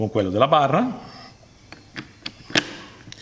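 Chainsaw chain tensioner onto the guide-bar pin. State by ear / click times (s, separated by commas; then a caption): seated / 2.6 s. Someone talks, then a chain tensioner is fitted onto the guide-bar pin of a small Parkside 12V cordless chainsaw (PGHSA 12 A1) with a few light knocks of plastic and metal. A sharp hit at 2.6 seconds marks the tensioner hooking into place and seating properly.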